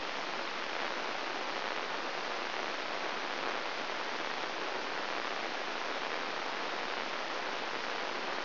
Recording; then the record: brain microelectrode recording played as sound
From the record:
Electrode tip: inside the subthalamic nucleus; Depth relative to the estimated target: 0 mm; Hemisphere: left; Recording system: AlphaMap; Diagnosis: Parkinson's disease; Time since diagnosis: 20 years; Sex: female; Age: 65 years